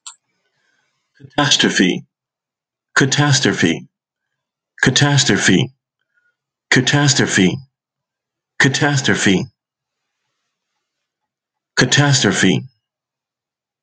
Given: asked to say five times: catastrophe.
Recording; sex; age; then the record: repeated word; male; 50 to 59 years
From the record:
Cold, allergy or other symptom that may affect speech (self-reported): no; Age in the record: 54 years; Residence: Nevada, United States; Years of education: 14